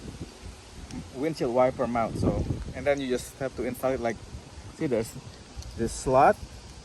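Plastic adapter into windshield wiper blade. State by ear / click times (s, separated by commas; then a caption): not seated / none. Someone talks while handling a plastic adapter at the slot of a windshield wiper blade for a Chevy Caprice PPV, getting ready to press it in until it clicks. A faint brief sound stands out near 0.9 s under the speech. Nothing has seated or clicked yet.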